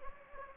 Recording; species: mosquito wingbeat signal from an infrared sensor; Anopheles gambiae